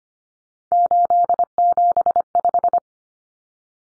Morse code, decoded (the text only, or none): 875